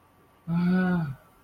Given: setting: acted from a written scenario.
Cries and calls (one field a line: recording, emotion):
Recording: vocal sound without words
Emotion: relief